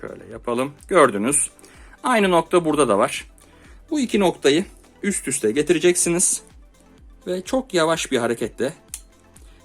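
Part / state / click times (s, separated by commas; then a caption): interchangeable lens onto DSLR camera body mount / seated / 8.9 s. An interchangeable lens is mounted on a Canon EOS 2000D DSLR camera body: the white dots on the lens and the body are lined up, and the lens is turned very slowly on the mount. Someone talks throughout, with music underneath. At 8.9 s a sharp click is heard as the lens locks onto the mount and is attached to the camera.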